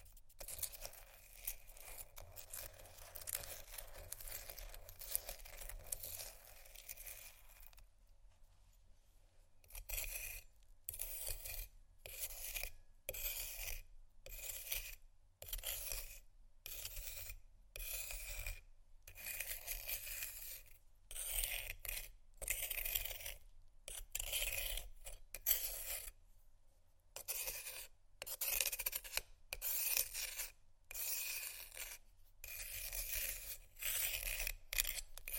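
Ice is scraped in a steady rasping stretch, then after a pause comes a run of short, bright scratches and taps repeating every second or so.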